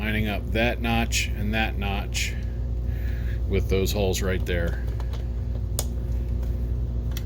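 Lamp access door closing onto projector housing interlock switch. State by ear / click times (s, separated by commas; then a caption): seated / 7.2 s. Someone talks while hooking the notches of a plastic lamp-compartment door into the holes on an Optoma projector body, with a lamp replacement (BL-FP230D / SP.8MQ01GC01) underway over a steady background hum. The door is hinged down shut, and a small click at 7.2 s is the safety interlock switch being pressed as the door seats closed.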